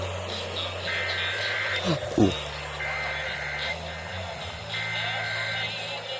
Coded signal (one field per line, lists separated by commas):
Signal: Emergency Alert System (SAME) tones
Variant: header bursts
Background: speech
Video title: I went all out for the RMT... (EAS 388-398)